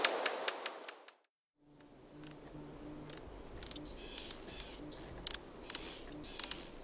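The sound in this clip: Buff-bellied hummingbird calls: a quick run of dry ticks fading away, a short gap, then scattered thin, sharp high chips, singly and in pairs, over soft hiss.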